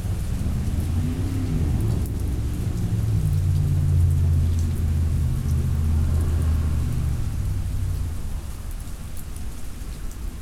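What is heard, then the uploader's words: A thunderstorm on a front porch: steady rain hisses across the whole clip while a low rolling rumble of thunder builds from about three seconds, peaks near four to six, and fades out by eight. Faint drips and patters sit above the downpour. October Thunderstorm in Midland. Recorded at 96kHz on my personal Zoom F6 via a matched pair of Clipply EM272s on my travel stereo bar. Thunderstorm recorded from my Dad’s front porch in Midland, Texas.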